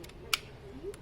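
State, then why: Seated. A bench-mounted electronic tailgate lock from a Nissan Dualis / Qashqai is pushed shut by hand to mimic the trunk closing, with the latch striker going into the lock unit. A single sharp plastic-and-metal click is heard at 0.3 s, with a few faint ticks around it. The latch snaps into its locked position.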